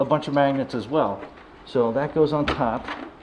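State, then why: Not seated. The top dome of a plastic Darth Vader Black Series Electronic Helmet is handled over its magnetic lower section while someone talks. The dome has not yet seated or clicked into place by the end of the clip.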